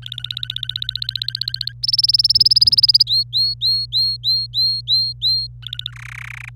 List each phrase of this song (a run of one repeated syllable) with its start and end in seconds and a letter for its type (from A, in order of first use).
0.02-1.73 A, 1.83-3.03 B, 3.07-5.47 C, 5.62-5.91 A, 5.92-6.49 D